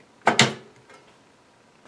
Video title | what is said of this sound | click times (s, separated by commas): Drobo 5N in depth Review | the drive just slides in and you will hear a click as it connects to the pins in the back it's | 0.3 s, 0.4 s